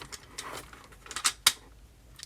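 A plastic solar-plate part is pushed again into a gold peg socket on the small minicon robot figure of a FansHobby MB-22C Astro Flame transforming toy, after it was not snapped in fully on the first try. Faint plastic handling rustles and a few light ticks around 1.1–1.3 s lead to a single sharp snap at 1.5 s. The part seats firmly into place on this second try.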